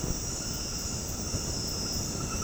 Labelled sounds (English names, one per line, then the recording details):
none
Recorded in dense forest near Puerto Asís, Putumayo, Colombia, on 19 February 2024 at 22:00
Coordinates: 0.486, -76.316
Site G6437